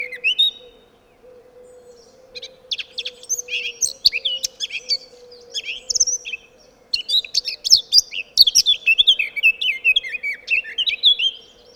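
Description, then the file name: Eurasian blackcap giving a long, rambling warble of fast scratchy and twittering notes in bursts, with a constant low hum beneath. "Sylvia atricapilla"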